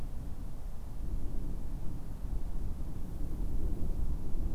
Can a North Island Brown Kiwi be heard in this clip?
no